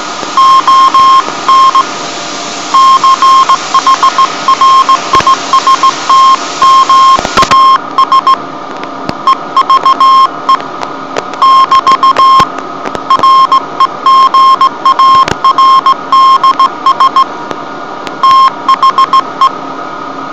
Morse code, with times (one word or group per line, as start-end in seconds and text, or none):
0.4-1.8 ON
2.7-8.3 CHRISTMAS
9.3-10.6 EVE
11.4-12.4 <BT>
13.1-17.2 REGARDS
18.2-19.5 THE